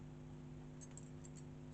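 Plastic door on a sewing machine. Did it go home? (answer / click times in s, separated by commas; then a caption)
no / none. The plastic door of a Brother LS14 sewing machine is held as close as possible so its two tabs find their place before it is slid home. Soft contact noises and faint clinks are heard around 0.8–1.4 s, with the sharpest at 0.97 s and 1.25 s, over a steady low hum. Nothing has clicked yet; the door is only being lined up.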